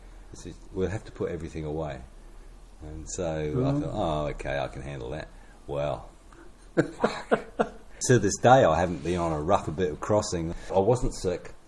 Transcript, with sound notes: He said, “We’ll have to put everything away.” And so I thought, ‘Oh okay, I can handle that.’ Well – [chuckle] to this day I haven’t been on a rougher bit of crossing. I wasn’t sick.